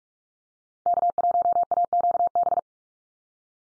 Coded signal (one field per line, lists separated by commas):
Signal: Morse code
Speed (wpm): 44 wpm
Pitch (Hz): 700 Hz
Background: none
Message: K1AQB